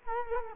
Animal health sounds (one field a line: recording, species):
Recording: mosquito wingbeat signal from an infrared sensor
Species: Culex quinquefasciatus